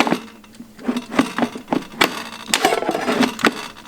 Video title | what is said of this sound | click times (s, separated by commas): Bella Air Fryer - Unboxing - Review | You're gonna hear some click sound, and that means it's pretty much locked. | 2.5 s